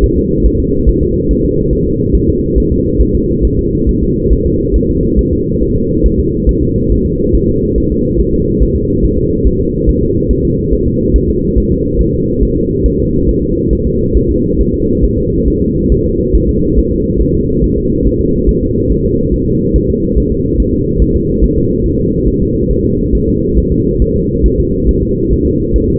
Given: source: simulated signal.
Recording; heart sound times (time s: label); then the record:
fetal heart sounds
0.04 s: S1
0.18 s: S2
0.46 s: S1
0.60 s: S2
0.89 s: S1
1.03 s: S2
1.31 s: S1
1.45 s: S2
1.73 s: S1
1.87 s: S2
2.15 s: S1
2.29 s: S2
2.58 s: S1
2.72 s: S2
3.02 s: S1
3.15 s: S2
3.45 s: S1
3.59 s: S2
3.89 s: S1
4.03 s: S2
4.33 s: S1
4.46 s: S2
4.76 s: S1
4.90 s: S2
5.19 s: S1
5.33 s: S2
5.62 s: S1
5.76 s: S2
6.06 s: S1
6.20 s: S2
6.49 s: S1
6.63 s: S2
6.92 s: S1
7.06 s: S2
7.35 s: S1
7.49 s: S2
7.78 s: S1
7.92 s: S2
8.21 s: S1
8.34 s: S2
8.62 s: S1
8.77 s: S2
9.04 s: S1
9.18 s: S2
9.47 s: S1
9.61 s: S2
9.89 s: S1
10.03 s: S2
10.31 s: S1
10.45 s: S2
10.73 s: S1
10.87 s: S2
11.16 s: S1
11.30 s: S2
11.58 s: S1
11.72 s: S2
12.01 s: S1
12.14 s: S2
12.43 s: S1
12.57 s: S2
12.86 s: S1
13.00 s: S2
13.29 s: S1
13.43 s: S2
13.73 s: S1
13.87 s: S2
14.17 s: S1
14.31 s: S2
14.61 s: S1
14.74 s: S2
15.04 s: S1
15.18 s: S2
15.48 s: S1
15.62 s: S2
15.92 s: S1
16.06 s: S2
16.35 s: S1
16.49 s: S2
16.79 s: S1
16.92 s: S2
17.21 s: S1
17.35 s: S2
17.64 s: S1
17.78 s: S2
18.07 s: S1
18.21 s: S2
18.49 s: S1
18.63 s: S2
18.91 s: S1
19.05 s: S2
19.34 s: S1
19.48 s: S2
19.76 s: S1
19.90 s: S2
20.18 s: S1
20.32 s: S2
20.60 s: S1
20.74 s: S2
21.02 s: S1
21.16 s: S2
21.44 s: S1
21.58 s: S2
21.86 s: S1
22.00 s: S2
22.28 s: S1
22.42 s: S2
22.71 s: S1
22.85 s: S2
23.15 s: S1
23.29 s: S2
23.58 s: S1
23.72 s: S2
24.02 s: S1
24.16 s: S2
24.46 s: S1
24.60 s: S2
24.89 s: S1
25.03 s: S2
25.32 s: S1
25.46 s: S2
25.76 s: S1
25.90 s: S2
From the record:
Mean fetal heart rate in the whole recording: 140 bpm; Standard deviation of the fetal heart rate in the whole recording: 2 bpm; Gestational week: 34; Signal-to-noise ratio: -10.2 dB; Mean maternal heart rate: 72 bpm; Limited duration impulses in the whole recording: present